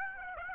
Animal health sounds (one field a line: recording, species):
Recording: mosquito wingbeat signal from an infrared sensor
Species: Aedes aegypti